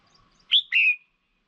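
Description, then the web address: Red-whiskered bulbul call: one sharp rising note followed by a slightly longer, flatter whistled note. Female. "tieng chao mao mai. tieng dong vat"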